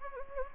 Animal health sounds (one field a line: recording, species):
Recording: mosquito wingbeat signal from an infrared sensor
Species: Anopheles gambiae